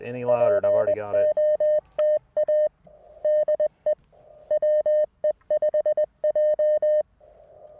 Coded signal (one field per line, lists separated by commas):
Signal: Morse code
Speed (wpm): 20 wpm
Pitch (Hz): 610 Hz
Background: speech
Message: POTA DE WE5J